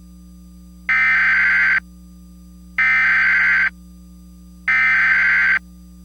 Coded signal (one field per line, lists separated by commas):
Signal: Emergency Alert System (SAME) tones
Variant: header bursts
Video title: (VALID TONES) EAS Recreation Mock - Stay Away From The Rivers (September 26, 2010)